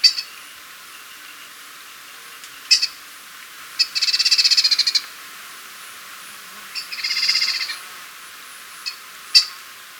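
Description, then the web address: Grass-green tanager giving two buzzy, rasping bursts about a second long each, starting about three seconds apart, with scattered sharp clicks around them. Recorded in Ecuador. "Birds of Ecuador. Grass-Green Tanager"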